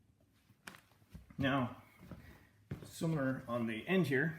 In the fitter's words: ways in this one locks up now